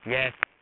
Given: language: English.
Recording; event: throat vibration sensor signal played as sound; speech